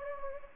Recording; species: mosquito wingbeat signal from an infrared sensor; Anopheles gambiae